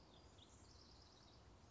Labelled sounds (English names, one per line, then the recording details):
House Wren
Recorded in Sonoma County, California